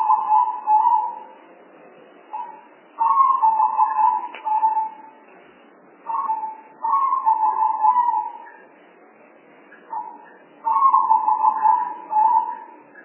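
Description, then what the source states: Spotted dove repeating its coo about every three to four seconds, each phrase a brief opening note followed by a longer rolling, burry coo. Lure call for spotted doves, from a compilation of spotted dove sounds.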